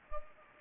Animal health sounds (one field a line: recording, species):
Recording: mosquito wingbeat signal from an infrared sensor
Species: Anopheles gambiae